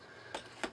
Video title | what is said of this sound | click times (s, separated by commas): Custom Rat Rod Drone Build with a Teal Drones Sport RC Race Drone | nice clean unit this fits on the bottom and locks into place | 0.3 s, 0.6 s